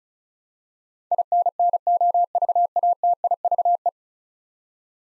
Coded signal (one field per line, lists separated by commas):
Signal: Morse code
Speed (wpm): 36 wpm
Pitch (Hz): 700 Hz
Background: none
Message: INNOVATIVE